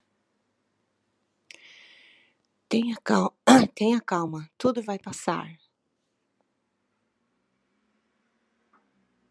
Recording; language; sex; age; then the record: short text; Brazilian Portuguese; female; 60 to 69 years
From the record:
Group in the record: control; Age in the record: 63 years